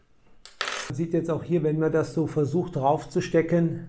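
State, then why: Not seated. A belt clip made for the smaller multitool is pushed onto the larger multitool's metal frame. There are short metallic contact sounds near 0.5 s and 0.6 s while someone talks throughout. The clip does not snap into place and would only hold if forced on with a screw, so nothing has clicked.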